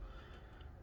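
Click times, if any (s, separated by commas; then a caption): none. A heated plastic Marvel Legends Wolverine action figure is being reassembled, with a part being pressed back onto its joint peg. Only low, steady handling noise and faint breathy rustle are heard, with no sharp transient. Nothing has seated or clicked yet.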